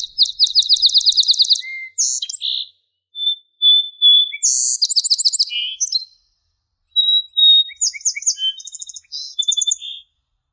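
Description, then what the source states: Song Sparrow song: a few phrases of rapid repeated high notes, buzzy trills and sharp chips, separated by short pauses. Over much of North America; every singing male has his own repertoire and style, showing vocal individuality.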